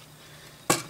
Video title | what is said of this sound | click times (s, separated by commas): LEGO Friends 2022 Horse Show Trailer 41722 Build 1 | just snaps right in this is modular | 0.7 s